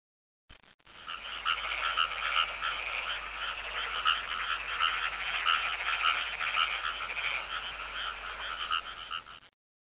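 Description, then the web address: Frog calling in a continuous, rapid, buzzy high trill that goes on without a break for around nine seconds. "frog zukan"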